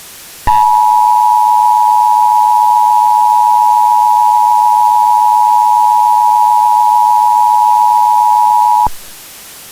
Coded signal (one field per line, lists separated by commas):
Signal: Emergency Alert System (SAME) tones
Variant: 853 and 960 Hz attention tone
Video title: EAS Special - Meltdown [REUPLOAD]